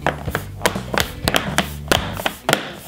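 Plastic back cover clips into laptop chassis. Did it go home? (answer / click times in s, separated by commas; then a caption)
yes / 1.0 s, 1.3 s, 1.4 s, 1.6 s, 1.9 s, 2.5 s. The plastic back cover of an Asus F510U laptop is pressed down by hand onto the chassis, and its internal clips snap in with sharp clicks at 1.0, 1.28, 1.36, 1.58, 1.95 and 2.53 seconds over a low, steady tonal background. The cover's clips are seated in the chassis.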